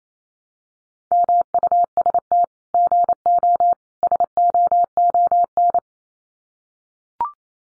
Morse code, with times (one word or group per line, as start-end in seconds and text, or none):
1.1-2.4 MUST
2.7-3.7 GO
4.0-5.8 SOON